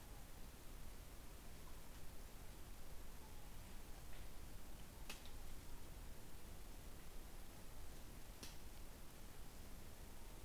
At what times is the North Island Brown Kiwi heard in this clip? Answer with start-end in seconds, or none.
none